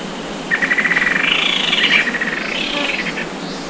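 Bird calls: a rapid trill of chirps, then a run of higher, buzzier notes, over a steady hiss.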